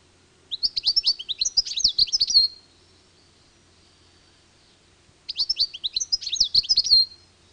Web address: Madarak Tengelic